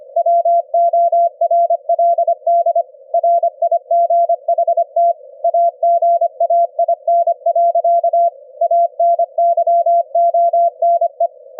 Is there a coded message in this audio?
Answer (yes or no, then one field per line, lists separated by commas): yes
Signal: Morse code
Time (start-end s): 0.2-11.3 s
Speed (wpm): 25 wpm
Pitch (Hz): 680 Hz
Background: none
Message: WORLD RIGHT AGAIN. ANYONE